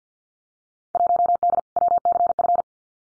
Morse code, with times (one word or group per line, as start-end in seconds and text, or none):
0.9-1.6 1D
1.8-2.6 WCF